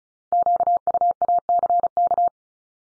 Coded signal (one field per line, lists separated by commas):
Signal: Morse code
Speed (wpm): 36 wpm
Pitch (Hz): 700 Hz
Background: none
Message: QUACK